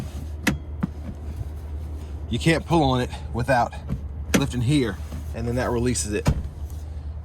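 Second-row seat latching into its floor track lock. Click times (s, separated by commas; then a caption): 0.5 s. A rear passenger-side second-row captain's chair in a 2027 Hyundai Palisade SEL Premium AWD 7P is pushed back until it locks into place on its floor track, giving a sharp mechanical clunk at 0.5 s. Someone talks throughout, and the seat ends up seated and locked.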